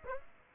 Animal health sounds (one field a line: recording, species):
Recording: mosquito wingbeat signal from an infrared sensor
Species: Aedes aegypti